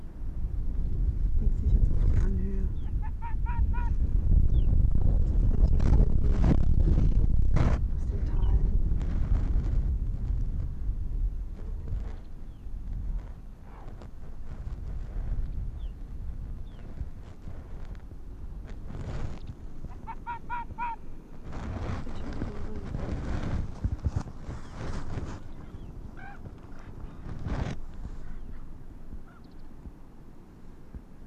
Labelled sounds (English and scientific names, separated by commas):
Arctic Fox (Vulpes lagopus)